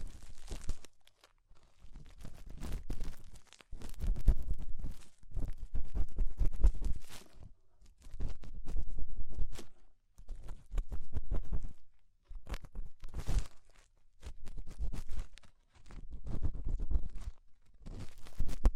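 Ear cleaning with rhinestones and clay being removed: bursts of close scratching, crinkling and tearing sounds come in repeated strokes about every two seconds, each lasting a second or two. Brief quiet gaps separate the bursts, and the texture stays dense and crackly throughout.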